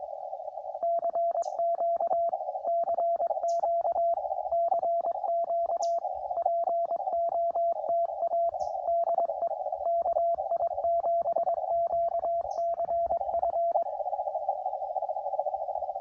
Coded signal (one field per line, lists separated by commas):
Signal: Morse code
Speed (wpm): 22 wpm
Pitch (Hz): 680 Hz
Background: radio noise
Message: CQ CQ CQ POTA DE KI7QCF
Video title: 100% Homebrew POTA Activation